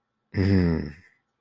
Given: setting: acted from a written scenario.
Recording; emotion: vocal sound without words; relief